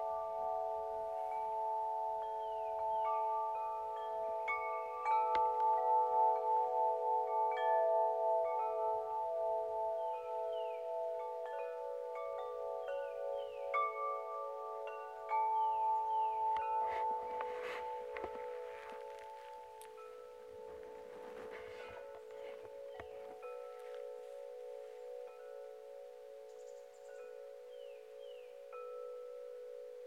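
Wind chimes ring in a gentle breeze, their bright tones overlapping and sustaining into a steady shimmering wash. New strikes come every second or two, busiest in the first half, with a brief rustle of wind around the eighteen-to-twenty-two-second mark before the ringing thins.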